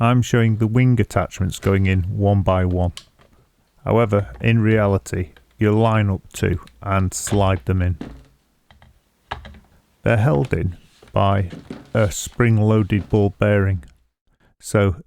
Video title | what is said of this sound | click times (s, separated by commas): Mogabi V1 folding guitar with built in Bluetooth speaker, Unboxing, tests & review. Mogabi guitar | they're held in by a spring-loaded ball bearing so they click into place quite well | 9.3 s